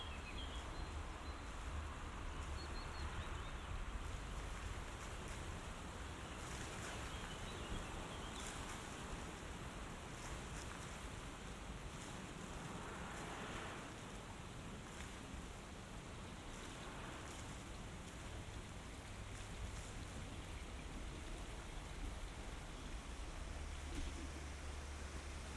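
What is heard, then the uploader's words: Steady rushing river water, a dense even hiss with a low rumble underneath, holding constant throughout with faint brighter swells now and then. Binaural production. Generative soundscape based on a two-dimensional random walk between four binaural soundscapes recorded on the North Bohemian river Ohře/Eger between 16 and 18 May 2023.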